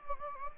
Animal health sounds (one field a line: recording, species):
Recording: mosquito wingbeat signal from an infrared sensor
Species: Anopheles gambiae